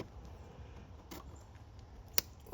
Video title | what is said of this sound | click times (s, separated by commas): How to Replace Mass Airflow Sensor Lexus IS 250 | Listen for it to click like that. | 2.2 s